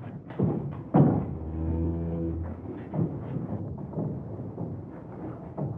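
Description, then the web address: Cow giving a deep, drawn-out low moo amid thumps and knocking noises. In a barn. "Madacy Music Group Inc 292 Sound Effects. Cow Barn"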